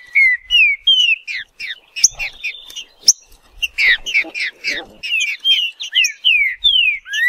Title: Trinca Ferro NICÃ O No Mato Disputando Com Solto